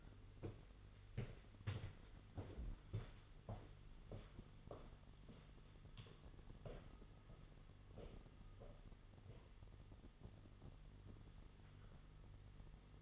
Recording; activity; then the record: daily activity, microphone in the room; walk to room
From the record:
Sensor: 4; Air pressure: 989.0 hPa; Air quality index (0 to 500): 203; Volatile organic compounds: 49 ppm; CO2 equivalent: 3284 ppm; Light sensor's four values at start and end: 29/97/36/38 and 29/99/37/39